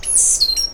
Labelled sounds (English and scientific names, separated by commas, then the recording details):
Stitchbird (Notiomystis cincta) song
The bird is a male
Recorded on Tiritiri Matangi Island, New Zealand, in 2005
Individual 10, of nest box 12